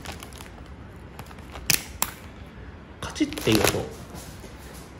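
A plastic screw cap is twisted open on a bottle of bottled water, and the tamper seal breaks with two sharp clicks at 1.7 and 2.0 seconds. No hiss of pressure follows, and someone talks afterward. The seal is released.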